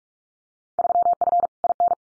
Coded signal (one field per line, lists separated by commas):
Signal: Morse code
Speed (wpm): 46 wpm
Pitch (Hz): 700 Hz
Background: none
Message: 3F IN